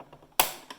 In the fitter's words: You'll hear it click, and now everything's ready to go.